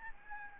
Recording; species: mosquito wingbeat signal from an infrared sensor; Aedes albopictus